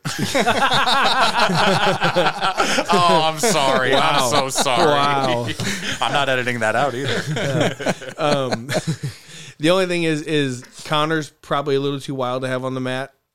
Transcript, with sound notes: Oh, I'm sorry, I'm so sorry. Wow. I'm not editing that out either. (laughing) The only thing is conners, probably a little too wild to have on the mat.